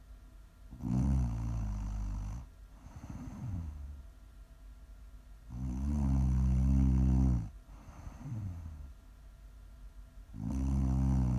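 Prime ASMR snoring from an adult sleeper: loud, low-pitched, buzzing snores about every five seconds, with softer, rougher breaths between them, for listeners to relax, wind down or fall asleep to.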